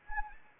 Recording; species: mosquito wingbeat signal from an infrared sensor; Anopheles arabiensis